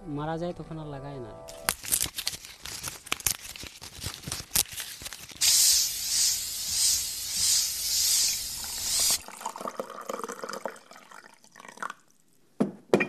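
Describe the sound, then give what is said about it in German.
A backpack sprayer worn by workers in tea fields hisses out pesticide in a steady, bright spray that swells and dips in rhythmic pulses, preceded by a brief voice and rustling, then fading to quieter sounds. “Vor mir auf den Teefeldern sind Arbeiter mit Sprühflaschen auf dem Rücken.”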